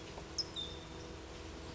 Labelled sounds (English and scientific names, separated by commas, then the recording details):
California Towhee (Melozone crissalis)
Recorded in Sonoma County, California